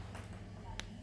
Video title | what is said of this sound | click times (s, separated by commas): Gélules aux huiles essentielles ? | ensuite, je mets le petit capuchon, tu vois, et tu vas écouter bien le son, écoute. Clac. | 0.8 s